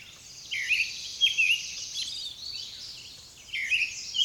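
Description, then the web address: Songbird song: short bright chirps in bursts separated by a quieter stretch, over a steady high hiss. "Nature Songs Nature Sounds Sounds of Nature Collection Songbirds"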